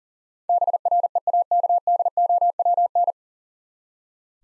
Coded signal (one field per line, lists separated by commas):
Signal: Morse code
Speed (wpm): 40 wpm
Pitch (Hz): 700 Hz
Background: none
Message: BREAKDOWN